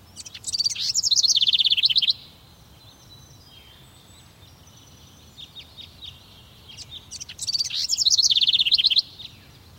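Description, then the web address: Bird song in two bright, rapidly trilled high phrases, each lasting under two seconds, with quiet scattered notes between. Morning. "suono degli uccelli mattutini"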